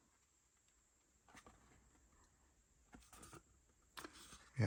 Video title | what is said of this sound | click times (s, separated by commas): Star Wars x wing 1:18 scale from deagnostini issue 38.#starwars#starwarsfan#xwing#deagostini #foryou | You will hear it click into place when you push it in, guys. You'll hear like a snap. | 4.0 s